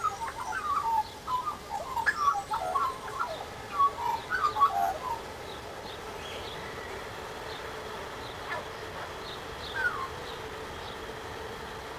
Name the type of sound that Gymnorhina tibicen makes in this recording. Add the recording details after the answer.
song. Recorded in captivity. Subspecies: hypoleuca. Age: adult. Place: Zoo Berlin, Berlin, DE. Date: 1997-10-18 11:54. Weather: sunny, 12-15°C. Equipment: Nagra SN, Kopie Uher 4000 Report Monitor. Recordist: Tembrock, Günter